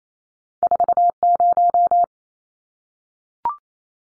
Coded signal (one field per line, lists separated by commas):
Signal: Morse code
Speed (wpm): 28 wpm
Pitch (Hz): 700 Hz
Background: none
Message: 40